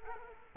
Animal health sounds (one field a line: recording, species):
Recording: mosquito wingbeat signal from an infrared sensor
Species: Culex quinquefasciatus